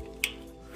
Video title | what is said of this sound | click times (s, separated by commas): BMW F30/F32 M Performance Exhaust Retrofit | and once you hear the click take a step back because you are done so | 0.2 s